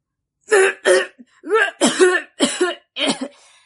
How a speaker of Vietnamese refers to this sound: Sư đàn chủ ho khan chen vào.